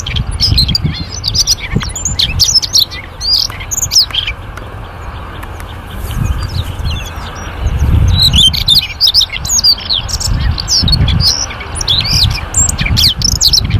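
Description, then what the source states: Birds chirping and twittering steadily over constant low rumbling background noise. Ringtone of a bird described as having a melodious voice.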